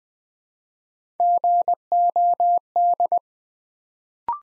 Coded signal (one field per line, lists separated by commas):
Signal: Morse code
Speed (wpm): 20 wpm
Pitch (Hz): 700 Hz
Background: none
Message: GOD